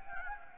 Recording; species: mosquito wingbeat signal from an infrared sensor; Anopheles gambiae